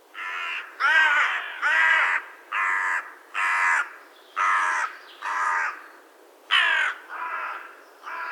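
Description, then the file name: Carrion crow cawing: a series of about ten harsh, hoarse caws delivered roughly one per second in an uneven rhythm, with no other clear sounds. "Corvus corone"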